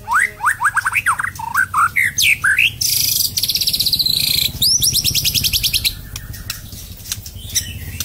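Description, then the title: White-rumped shama song: a run of loud rising whistled notes, then harsh buzzy rattling bursts and rapid high chattering trills, varied and vigorous, with a low hum beneath. Medan-type murai batu; a masteran tutor recording used to train cage birds to sing. "nightingale-masteran Suara murai batu medan super"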